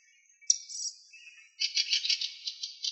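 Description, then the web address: Fieldfare chattering call: a high squeaky note, then a run of rapid, harsh chack notes in a rattling series lasting over a second. "Turdus pilaris"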